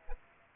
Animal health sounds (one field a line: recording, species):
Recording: mosquito wingbeat signal from an infrared sensor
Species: Aedes aegypti